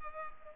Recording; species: mosquito wingbeat signal from an infrared sensor; Culex pipiens